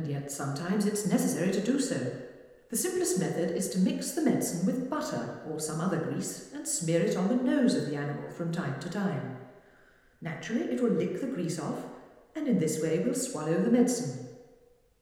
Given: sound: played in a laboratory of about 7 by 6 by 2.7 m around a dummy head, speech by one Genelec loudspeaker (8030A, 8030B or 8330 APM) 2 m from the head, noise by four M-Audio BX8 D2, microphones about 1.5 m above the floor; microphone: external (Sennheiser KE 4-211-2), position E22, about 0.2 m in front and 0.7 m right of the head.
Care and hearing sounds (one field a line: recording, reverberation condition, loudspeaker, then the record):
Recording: female speech in English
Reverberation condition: high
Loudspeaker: 60 degrees to the right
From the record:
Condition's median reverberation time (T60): about 1300 ms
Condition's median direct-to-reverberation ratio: about -4.0 dB